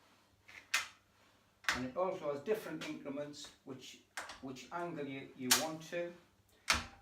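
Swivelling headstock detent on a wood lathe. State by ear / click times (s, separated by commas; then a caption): seated / 6.7 s. A woodturner swivels the metal headstock of a wood lathe to a chosen angle increment while someone talks, and a single sharp click at 6.7 s marks the indexing detent engaging. The headstock locks into place.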